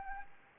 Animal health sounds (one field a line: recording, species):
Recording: mosquito wingbeat signal from an infrared sensor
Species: Anopheles gambiae